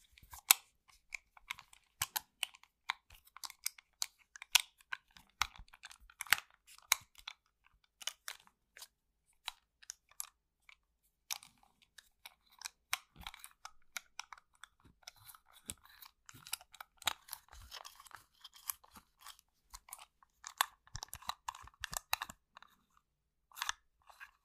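A household object being handled makes a rapid, uneven stream of sharp clicks and crunchy crackles, bright and dry, with silence between them. The ticks cluster densely near the start and again from about fifteen to twenty seconds, thinning briefly around ten seconds.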